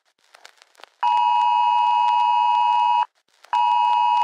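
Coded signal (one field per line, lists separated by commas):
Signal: Emergency Alert System (SAME) tones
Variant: 853 and 960 Hz attention tone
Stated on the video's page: Fictional mock EAS scenario with valid SAME tones, made for entertainment.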